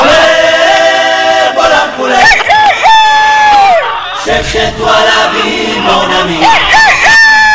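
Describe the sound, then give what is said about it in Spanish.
Loud, overlapping rooster crows fill the whole stretch, several phone-in callers' voices imitating cock-a-doodle-doos with strained, wavering high pitches that rise and fall in quick succession. “Ahí ha quedado por nuestros gallos, los que han llamado hasta ahora.”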